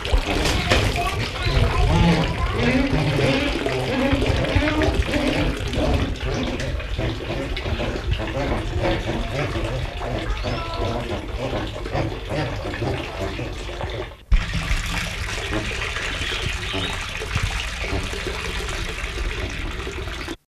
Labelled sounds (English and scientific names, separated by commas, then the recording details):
Black-headed Ibis (Threskiornis melanocephalus) call
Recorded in captivity
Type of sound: call
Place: Tierpark Sababurg, Helmarshausen, Hessen, DE
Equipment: Halbspur, 9,5 cm/s
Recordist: Lütgens, Hans
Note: Ein Paar am Nest